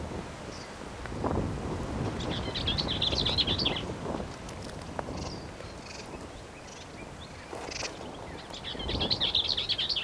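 Bell's vireo song: two quick, jumbled warbling phrases several seconds apart, each a scratchy run of rapid notes, over background noise.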